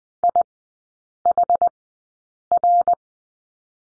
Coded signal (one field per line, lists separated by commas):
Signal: Morse code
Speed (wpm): 20 wpm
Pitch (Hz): 700 Hz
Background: none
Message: IHR